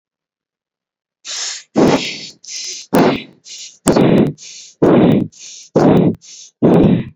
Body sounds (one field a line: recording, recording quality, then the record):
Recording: shallow breathing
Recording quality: excellent, no background noise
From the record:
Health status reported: recovered from COVID-19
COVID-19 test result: negative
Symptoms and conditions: none ticked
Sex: female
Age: 24 years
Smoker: not ticked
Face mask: worn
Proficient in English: yes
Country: India